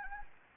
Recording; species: mosquito wingbeat signal from an infrared sensor; Anopheles gambiae